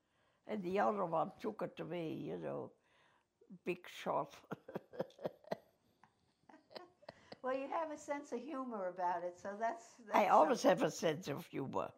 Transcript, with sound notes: And the other one took it away, you know, big shot (both laugh)
Well, you have a sense of humor about it, so that's--
I always have a sense of humor,